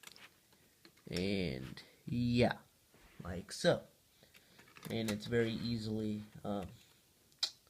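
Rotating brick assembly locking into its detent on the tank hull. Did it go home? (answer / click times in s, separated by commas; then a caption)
yes / 7.4 s. A rotating part on a custom Lego brick-built M4 Sherman tank is turned on the hull while someone talks. A sharp click at 7.4 s marks it seating into its detent, locking in place so it holds at a set angle without moving.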